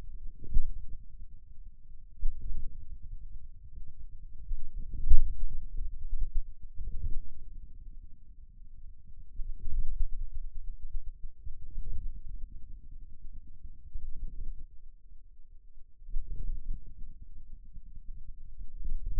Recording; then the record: forearm muscle sounds (acoustic myography)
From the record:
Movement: wrist flexion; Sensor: system 2, bracelet of six BSWA MPA416 microphones around the upper forearm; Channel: 2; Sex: male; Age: 22 years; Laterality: right